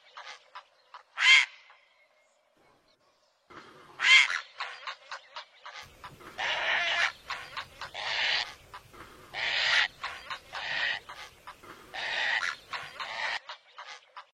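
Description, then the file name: Great blue heron calling with two loud grating squawks, then a run of harsh clucks and croaking grunts with louder bursts about every one to two seconds. "Canto do garca azul grande"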